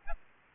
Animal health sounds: mosquito wingbeat signal from an infrared sensor; Aedes albopictus

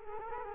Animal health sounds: mosquito wingbeat signal from an infrared sensor; Culex quinquefasciatus

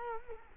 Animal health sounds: mosquito wingbeat signal from an infrared sensor; Culex quinquefasciatus

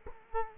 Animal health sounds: mosquito wingbeat signal from an infrared sensor; Culex quinquefasciatus

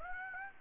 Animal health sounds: mosquito wingbeat signal from an infrared sensor; Aedes aegypti

